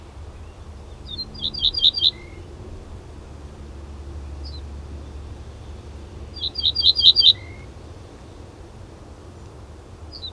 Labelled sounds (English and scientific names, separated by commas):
Ortolan Bunting (Emberiza hortulana) song